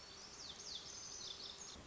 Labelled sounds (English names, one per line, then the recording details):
Lazuli Bunting
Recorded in Sonoma County, California